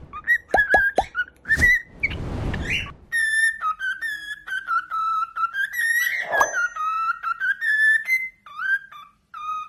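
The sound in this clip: Cockatiel whistled song: a long wavering whistled melody after sharp clicks and a burst of rustling noise.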